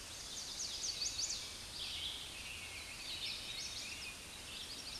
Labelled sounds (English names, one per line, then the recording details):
Chestnut-sided Warbler song
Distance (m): 35 m
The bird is about 5 m above the microphone
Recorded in a Pennsylvania forest on 16 May 2024 at 06:43
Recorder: AudioMoth, point MSD-0521
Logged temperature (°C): 15.8 °C
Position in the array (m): 75 m, 104 m